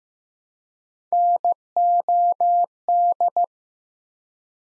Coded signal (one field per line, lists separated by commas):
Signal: Morse code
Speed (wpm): 15 wpm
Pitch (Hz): 700 Hz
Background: none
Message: NOD